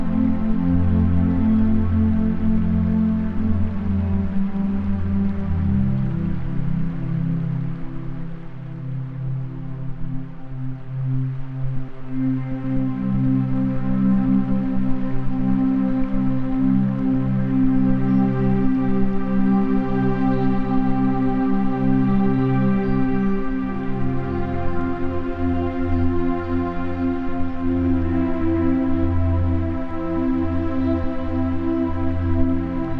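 Gentle music of sustained, layered low tones plays steadily, with notes and chords shifting every few seconds and a brief softer dip near ten seconds.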